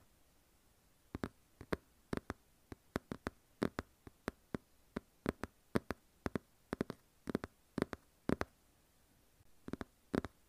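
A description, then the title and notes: Irregular tapping, sharp and crisp, with clicks arriving every fraction of a second, sometimes in quick pairs or small clusters. Each tap is brief, with a bright edge, and it stops abruptly. A faint low hum sits quietly underneath. Soothing Repetitive Random Tapping. No Talking.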